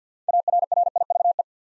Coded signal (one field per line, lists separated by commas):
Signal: Morse code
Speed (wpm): 50 wpm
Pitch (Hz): 700 Hz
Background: none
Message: ARRIVE